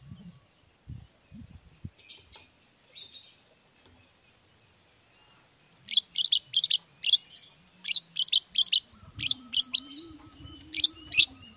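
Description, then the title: Long-tailed shrike giving a fast series of scratchy, buzzy notes after a few soft low thumps, with a faint low droning hum underneath. Morning recording of a long-tailed shrike singing 'toet toet' variations, played to provoke other shrikes into responding. "Cendet Gacor Dor Di Kala Pagi Toet Toet Variasi Suara"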